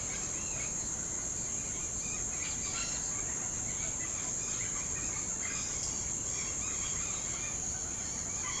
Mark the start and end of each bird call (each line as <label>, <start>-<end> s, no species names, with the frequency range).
bird call (1.2-6.6 kHz), 0.00-0.74 s
bird call (0.8-6.3 kHz), 1.71-8.60 s